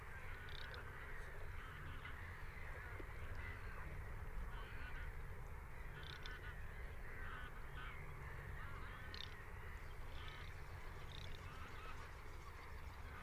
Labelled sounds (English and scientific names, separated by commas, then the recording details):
Garganey (Spatula querquedula) call
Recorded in the wild
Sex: male
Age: adult
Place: Kützerhof, Kummerower See, Mecklenburg-Vorpommern, DE
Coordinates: 53.8386, 12.8728
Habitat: wetland
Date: 2008-04-29 21:26
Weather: overcast, 15°C, weak westerly winds
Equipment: Sound Devices 702, Sennheiser MKH 70, Windkorb
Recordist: Frommolt, Karl-Heinz